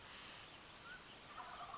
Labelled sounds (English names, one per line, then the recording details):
Mountain Quail
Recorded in Sonoma County, California